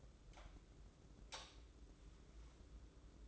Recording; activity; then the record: daily activity, microphone in the room; light on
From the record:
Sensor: 3